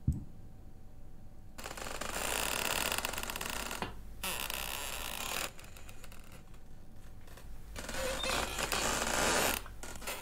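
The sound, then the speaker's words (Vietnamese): A house gate, one leaf open and one closed, creaks at night in long, grinding bursts as it swings in the wind, several drawn-out squeals separated by brief pauses, with a low steady rumble of wind underneath. “Gió đang lùa vào, cánh cửa khẽ đung đưa, cho đến khi vang lên những tiếng ken két, đến rợn người trong đêm.”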